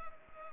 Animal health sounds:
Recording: mosquito wingbeat signal from an infrared sensor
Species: Culex pipiens

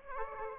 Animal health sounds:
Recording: mosquito wingbeat signal from an infrared sensor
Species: Aedes aegypti

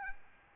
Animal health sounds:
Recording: mosquito wingbeat signal from an infrared sensor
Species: Aedes albopictus

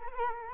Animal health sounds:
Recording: mosquito wingbeat signal from an infrared sensor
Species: Culex quinquefasciatus

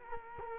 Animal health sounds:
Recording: mosquito wingbeat signal from an infrared sensor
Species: Culex quinquefasciatus

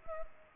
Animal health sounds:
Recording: mosquito wingbeat signal from an infrared sensor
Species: Culex pipiens

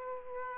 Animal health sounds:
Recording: mosquito wingbeat signal from an infrared sensor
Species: Aedes aegypti

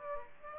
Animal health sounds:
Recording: mosquito wingbeat signal from an infrared sensor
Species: Aedes aegypti

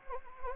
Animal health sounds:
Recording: mosquito wingbeat signal from an infrared sensor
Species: Anopheles gambiae

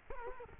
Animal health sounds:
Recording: mosquito wingbeat signal from an infrared sensor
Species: Culex quinquefasciatus

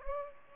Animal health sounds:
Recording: mosquito wingbeat signal from an infrared sensor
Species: Aedes aegypti

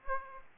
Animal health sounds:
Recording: mosquito wingbeat signal from an infrared sensor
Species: Aedes aegypti

